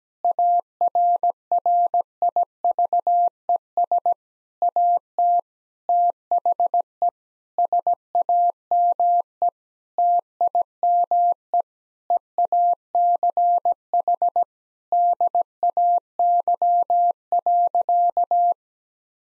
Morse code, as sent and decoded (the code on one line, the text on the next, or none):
.- .-. .-. .. ...- . ... / .- - / - .... . / ... .- -- . / - .. -- . / . .- -.-. .... / -.. .- -.-- .-.-.-
ARRIVES AT THE SAME TIME EACH DAY.